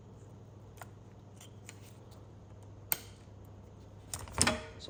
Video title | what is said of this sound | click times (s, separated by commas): 4L80E internal parts cleaning, and learning a few things as I go | all snapped into place. | 2.9 s